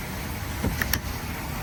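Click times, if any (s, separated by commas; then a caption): 0.8 s, 0.9 s. A DC fast-charging plug is pushed into the open DC flap of a Rivian R1T truck's charge port in the rain, with a steady hiss underneath and a low thump near 0.7 s. Two sharp clicks follow at 0.8 s and 0.9 s as the connector latches and is seated in the port.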